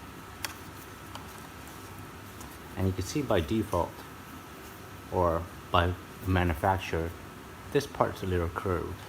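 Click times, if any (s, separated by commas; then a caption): 0.4 s. A plastic left-side adapter that snaps into a VR headset is pried out with some force and pops free with a sharp tick at 0.4 s, followed by a fainter tick at 1.1 s. Someone then talks over a quiet background hum.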